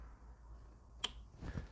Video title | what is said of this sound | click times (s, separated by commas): Oil Change, Oil Filter & Air Filter – Subaru Outback/Legacy/Liberty 2.5L | i'm going to push that back on and you should hear a little click once it engages | 1.0 s